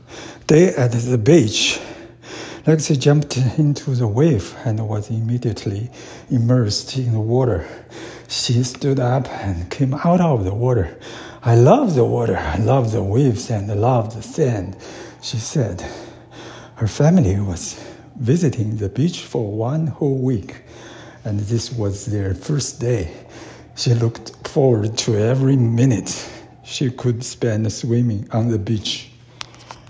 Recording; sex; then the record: reading aloud after running; male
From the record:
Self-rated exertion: vigorous exertion (4 of 6); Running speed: 8 miles an hour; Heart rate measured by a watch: 133 beats a minute at the start, 126 at the end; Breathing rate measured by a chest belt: 24 breaths a minute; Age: 53 years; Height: 181 cm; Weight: 67 kg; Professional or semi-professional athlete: no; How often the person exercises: 3 to 5 times a week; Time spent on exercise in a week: over 5 hours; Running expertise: yes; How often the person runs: 3 to 5 times a week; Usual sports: running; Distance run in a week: 35 km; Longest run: 42.6 km